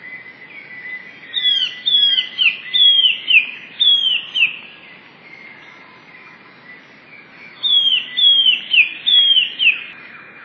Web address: wroblowe teka spiew. wroblowe teka modraszkoteka